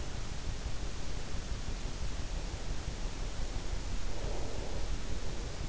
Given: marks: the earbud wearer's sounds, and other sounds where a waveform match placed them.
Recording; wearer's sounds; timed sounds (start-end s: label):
sounds in sleep by an in-ear microphone; breath
4.14-5.19 s: breath